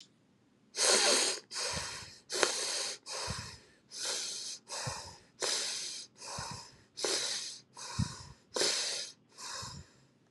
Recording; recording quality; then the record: shallow breathing; excellent, no background noise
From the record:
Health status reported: healthy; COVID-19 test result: negative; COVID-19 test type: RT-PCR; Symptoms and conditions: cold, sore throat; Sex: female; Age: 35 years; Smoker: no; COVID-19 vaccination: both doses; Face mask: not worn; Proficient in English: yes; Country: United States